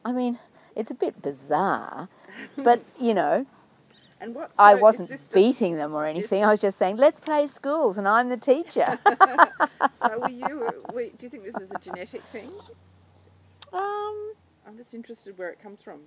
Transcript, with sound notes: I mean, it’s a bit bizarre, but you know, I wasn’t beating them or anything. I was just saying ‘Let’s play schools and I’m the teacher’ [laughs]
Do you think this is a genetic thing? I’m just interested where it comes from.